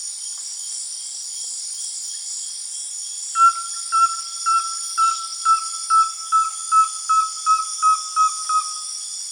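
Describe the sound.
Rusty-belted tapaculo starting after a few seconds of insect hiss, then a run of brief whistled notes, two to three per second, all at one pitch.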